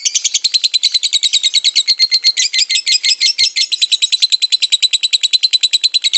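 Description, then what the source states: Lovebird giving a steady, rapid series of piercing chirps in an unbroken trill, evenly paced throughout. Long ngekek song of a lovebird, used as a master song for training birds and as pancingan to stimulate other birds to sing.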